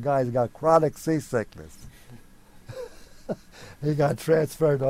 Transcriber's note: chuckles